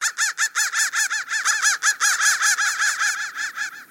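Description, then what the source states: Crow calls, a rapid train of many raspy arched notes. Digitally processed crow sound.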